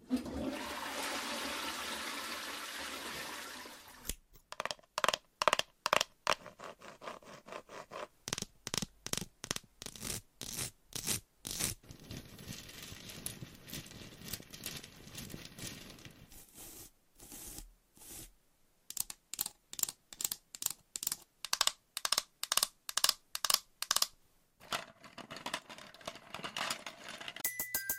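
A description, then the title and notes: Scratching and tapping open with a steady rough hiss for four seconds, then break into rapid bursts of sharp taps, pausing briefly near seventeen seconds. Scratching , Tapping , Massage & More No Talking.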